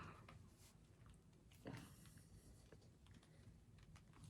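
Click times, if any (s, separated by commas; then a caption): none. Someone pushes the plastic hand of a NECA horror action figure onto its wrist peg again, with quiet handling rustles and a few faint ticks. The hand sits on the peg, but nothing has popped or clicked into place yet.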